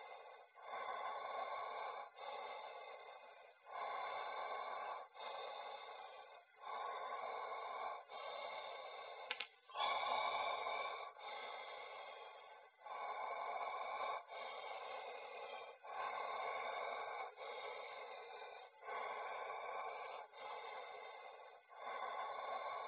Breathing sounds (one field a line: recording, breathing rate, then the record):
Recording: paced breathing near a phone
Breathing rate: 20 breaths a minute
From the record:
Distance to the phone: 20 cm